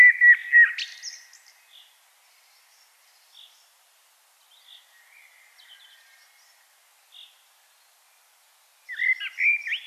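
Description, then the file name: Common blackbird: a rich fluted phrase with a high twitter at the start, scattered soft short notes, and another warbling phrase at the close. "Turdus merula"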